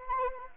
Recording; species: mosquito wingbeat signal from an infrared sensor; Anopheles arabiensis